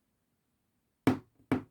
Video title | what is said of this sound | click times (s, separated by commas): #Crochet #Angel #chocolateorange Cover Uk terms | that's it two clicks | 1.1 s, 1.5 s